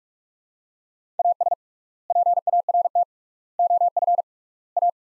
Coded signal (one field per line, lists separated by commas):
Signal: Morse code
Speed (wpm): 43 wpm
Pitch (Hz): 700 Hz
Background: none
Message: AS PART OF A